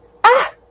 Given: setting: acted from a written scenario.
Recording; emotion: vocal sound without words; positive surprise